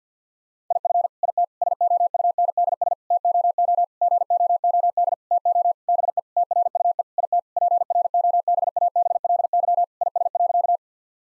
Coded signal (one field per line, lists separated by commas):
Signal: Morse code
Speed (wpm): 50 wpm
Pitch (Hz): 700 Hz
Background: none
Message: IF IT SOUNDS TOO GOOD TO BE TRUE IT PROBABLY IS.